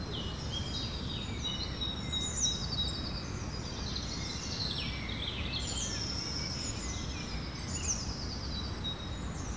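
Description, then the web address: Evening bird chorus of many high, overlapping whistles, trills and sliding notes, continuous throughout, with a constant low background rumble. "Effects 02-Birds, Insects Animals. Birds evening"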